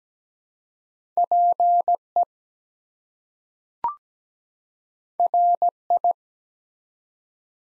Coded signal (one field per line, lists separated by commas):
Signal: Morse code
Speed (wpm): 17 wpm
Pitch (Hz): 700 Hz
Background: none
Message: PE RI